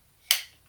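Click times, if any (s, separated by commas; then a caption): 0.3 s. A plastic slider on a Work Sharp Guided Sharpening System is pushed back over to lock the knife sharpener's rotating work table. A single sharp, bright snap sounds at 0.3 s and quickly fades, with quiet low hum before and after. The slider snaps back into its lock and is seated.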